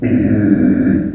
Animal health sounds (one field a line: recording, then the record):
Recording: squeal of a Yucatan mini pig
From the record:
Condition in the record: after surgery on the right vocal fold (resection and tissue-engineered implant)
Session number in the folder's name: 3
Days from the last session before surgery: 21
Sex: female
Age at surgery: 19 weeks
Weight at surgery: 25 kg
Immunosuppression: prednisolone